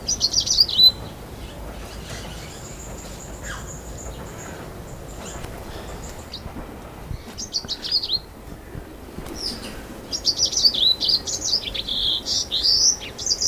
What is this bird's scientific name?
Crithagra mozambica